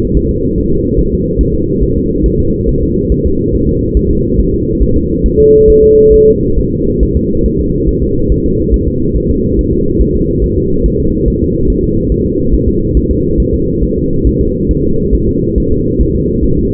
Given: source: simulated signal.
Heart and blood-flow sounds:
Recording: fetal heart sounds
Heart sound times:
0.17 s: S1
0.31 s: S2
0.58 s: S1
0.72 s: S2
0.99 s: S1
1.14 s: S2
1.41 s: S1
1.55 s: S2
1.83 s: S1
1.98 s: S2
2.26 s: S1
2.40 s: S2
2.69 s: S1
2.83 s: S2
3.12 s: S1
3.26 s: S2
3.55 s: S1
3.69 s: S2
3.97 s: S1
4.11 s: S2
4.40 s: S1
4.54 s: S2
4.82 s: S1
4.97 s: S2
5.26 s: S1
5.40 s: S2
5.70 s: S1
5.84 s: S2
6.14 s: S1
6.28 s: S2
6.59 s: S1
6.73 s: S2
7.03 s: S1
7.17 s: S2
7.46 s: S1
7.61 s: S2
7.89 s: S1
8.03 s: S2
8.32 s: S1
8.46 s: S2
8.74 s: S1
8.88 s: S2
9.17 s: S1
9.31 s: S2
9.59 s: S1
9.73 s: S2
10.01 s: S1
10.16 s: S2
10.44 s: S1
10.58 s: S2
10.86 s: S1
11.00 s: S2
11.28 s: S1
11.42 s: S2
11.70 s: S1
11.84 s: S2
12.12 s: S1
12.26 s: S2
12.54 s: S1
12.69 s: S2
12.97 s: S1
13.11 s: S2
13.40 s: S1
13.54 s: S2
13.83 s: S1
13.98 s: S2
14.27 s: S1
14.41 s: S2
14.71 s: S1
14.85 s: S2
15.15 s: S1
15.29 s: S2
15.58 s: S1
15.72 s: S2
16.01 s: S1
16.16 s: S2
16.45 s: S1
16.59 s: S2
From the record:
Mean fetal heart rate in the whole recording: 140 bpm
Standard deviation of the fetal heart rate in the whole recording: 2 bpm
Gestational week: 34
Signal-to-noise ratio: -15.3 dB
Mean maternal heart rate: 72 bpm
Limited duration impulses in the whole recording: present

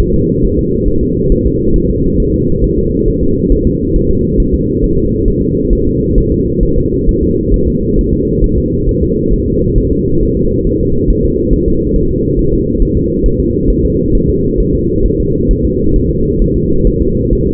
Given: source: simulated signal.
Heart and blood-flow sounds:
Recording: fetal heart sounds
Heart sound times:
0.00 s: S1
0.14 s: S2
0.44 s: S1
0.59 s: S2
0.88 s: S1
1.03 s: S2
1.32 s: S1
1.47 s: S2
1.76 s: S1
1.90 s: S2
2.20 s: S1
2.34 s: S2
2.64 s: S1
2.79 s: S2
3.08 s: S1
3.23 s: S2
3.52 s: S1
3.67 s: S2
3.96 s: S1
4.11 s: S2
4.40 s: S1
4.54 s: S2
4.84 s: S1
4.98 s: S2
5.28 s: S1
5.43 s: S2
5.73 s: S1
5.87 s: S2
6.18 s: S1
6.32 s: S2
6.63 s: S1
6.78 s: S2
7.09 s: S1
7.23 s: S2
7.54 s: S1
7.68 s: S2
7.99 s: S1
8.13 s: S2
8.44 s: S1
8.58 s: S2
8.89 s: S1
9.03 s: S2
9.34 s: S1
9.48 s: S2
9.78 s: S1
9.93 s: S2
10.23 s: S1
10.37 s: S2
10.67 s: S1
10.81 s: S2
11.10 s: S1
11.25 s: S2
11.53 s: S1
11.68 s: S2
11.96 s: S1
12.11 s: S2
12.39 s: S1
12.54 s: S2
12.82 s: S1
12.97 s: S2
13.26 s: S1
13.40 s: S2
13.70 s: S1
13.85 s: S2
14.15 s: S1
14.30 s: S2
14.60 s: S1
14.75 s: S2
15.06 s: S1
15.20 s: S2
15.51 s: S1
15.65 s: S2
15.96 s: S1
16.11 s: S2
16.42 s: S1
16.56 s: S2
16.87 s: S1
17.02 s: S2
17.33 s: S1
17.47 s: S2
From the record:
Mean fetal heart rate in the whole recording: 135 bpm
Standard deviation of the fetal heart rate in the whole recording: 3 bpm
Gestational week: 36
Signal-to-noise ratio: -15.3 dB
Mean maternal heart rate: 72 bpm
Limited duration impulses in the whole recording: present

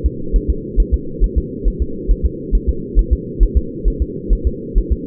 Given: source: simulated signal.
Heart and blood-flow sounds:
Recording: fetal heart sounds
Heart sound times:
0.06 s: S2
0.36 s: S1
0.50 s: S2
0.80 s: S1
0.94 s: S2
1.24 s: S1
1.38 s: S2
1.68 s: S1
1.82 s: S2
2.11 s: S1
2.26 s: S2
2.55 s: S1
2.69 s: S2
2.99 s: S1
3.13 s: S2
3.43 s: S1
3.57 s: S2
3.88 s: S1
4.02 s: S2
4.33 s: S1
4.47 s: S2
4.78 s: S1
4.92 s: S2
From the record:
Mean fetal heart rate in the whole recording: 135 bpm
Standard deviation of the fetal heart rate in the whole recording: 3 bpm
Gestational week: 36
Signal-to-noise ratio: -4.3 dB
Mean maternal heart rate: 72 bpm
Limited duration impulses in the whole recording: absent

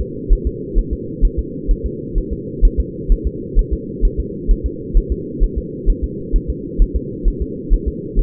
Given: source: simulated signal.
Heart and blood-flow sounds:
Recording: fetal heart sounds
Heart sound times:
0.01 s: S2
0.33 s: S1
0.47 s: S2
0.79 s: S1
0.93 s: S2
1.25 s: S1
1.39 s: S2
1.71 s: S1
1.86 s: S2
2.18 s: S1
2.33 s: S2
2.65 s: S1
2.80 s: S2
3.12 s: S1
3.27 s: S2
3.59 s: S1
3.73 s: S2
4.05 s: S1
4.20 s: S2
4.51 s: S1
4.66 s: S2
4.97 s: S1
5.12 s: S2
5.44 s: S1
5.58 s: S2
5.90 s: S1
6.04 s: S2
6.36 s: S1
6.50 s: S2
6.82 s: S1
6.96 s: S2
7.28 s: S1
7.42 s: S2
7.74 s: S1
7.88 s: S2
8.19 s: S1
From the record:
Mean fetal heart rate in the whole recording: 130 bpm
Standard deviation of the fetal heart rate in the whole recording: 2 bpm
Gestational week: 38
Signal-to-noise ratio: -4.1 dB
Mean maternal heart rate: no maternal heart sound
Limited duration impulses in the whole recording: absent

